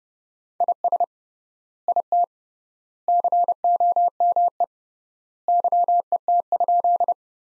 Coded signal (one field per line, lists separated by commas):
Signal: Morse code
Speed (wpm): 30 wpm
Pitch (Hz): 700 Hz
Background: none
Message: IS IT COME YET?